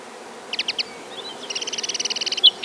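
Common linnet song phrase: a quick group of four clipped notes, then a rapid, even trill of repeated twangy notes ending in a sharp chirp.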